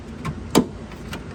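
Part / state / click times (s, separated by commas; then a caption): lock linkage rods into the interior door handle clips / seated / 0.6 s. On a Pontiac Torrent / Chevy Equinox interior door handle being replaced, the door handle and lock linkage rods are pressed into their plastic retaining clips on the interior handle. A sharp click at 0.6 s marks the rods locking into place, followed by a fainter tick at 1.1 s. The rods are seated in the clips.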